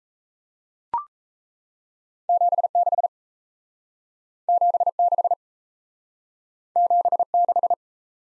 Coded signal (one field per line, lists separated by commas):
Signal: Morse code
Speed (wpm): 35 wpm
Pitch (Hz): 700 Hz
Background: none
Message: 76 76 76